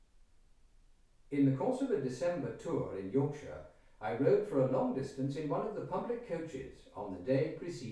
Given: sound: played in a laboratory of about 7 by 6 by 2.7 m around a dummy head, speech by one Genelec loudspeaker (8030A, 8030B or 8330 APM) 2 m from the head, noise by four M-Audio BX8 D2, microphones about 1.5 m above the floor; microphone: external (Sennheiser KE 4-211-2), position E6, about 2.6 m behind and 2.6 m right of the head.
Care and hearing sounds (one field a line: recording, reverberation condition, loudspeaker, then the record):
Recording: male speech in English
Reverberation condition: medium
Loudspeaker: 120 degrees to the left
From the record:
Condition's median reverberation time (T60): about 510 ms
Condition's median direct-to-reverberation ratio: about -0.5 dB